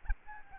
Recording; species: mosquito wingbeat signal from an infrared sensor; Aedes albopictus